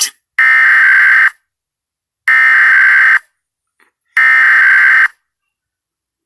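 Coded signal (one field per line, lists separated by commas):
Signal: Emergency Alert System (SAME) tones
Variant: header bursts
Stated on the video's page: Pennsylvania monthly EAS tests recorded off television broadcasts, with imperfect sound quality.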